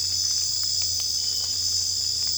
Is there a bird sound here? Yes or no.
no